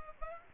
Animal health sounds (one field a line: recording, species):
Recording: mosquito wingbeat signal from an infrared sensor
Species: Aedes aegypti